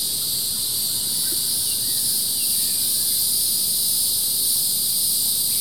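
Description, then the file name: Crickets chirp in an unbroken high trill, with faint soft bird notes now and then over a low rumble. Crickets with some birds in the background; recorded by Kevin Boucher. "kevin boucher animals insects crickets some flies birds in background"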